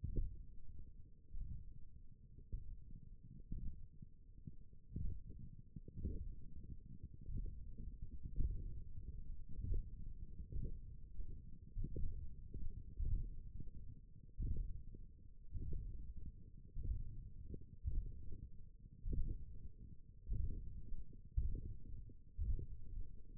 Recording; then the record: forearm muscle sounds (acoustic myography)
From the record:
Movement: index flexion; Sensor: system 1, eight BSWA MPA416 microphones around the upper forearm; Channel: 3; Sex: male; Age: 21 years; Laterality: right